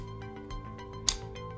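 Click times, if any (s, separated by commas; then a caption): 1.1 s. A Zebra SP20 fixed barcode scanner has the slots on its bottom lined up with the plastic guides on its mounting stand and is slid back until it latches. Over steady background music, a single sharp, loud click sounds at 1.1 s, confirming the scanner is securely attached to the stand.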